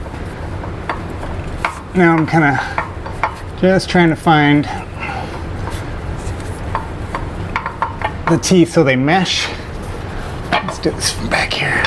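A CV axle shaft is rotated and wiggled to line up its splines with the transmission side gear before being pushed into the transmission. Small rubbing and knocking sounds repeat while someone talks. Nothing has seated or clicked yet.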